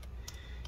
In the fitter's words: and it's locked into place.